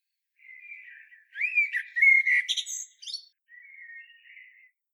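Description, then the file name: Common blackbird song: a soft whistled lead-in, a rich fluty warble breaking into thin squeaky notes, then a quiet trailing whistle. "Turdus merula"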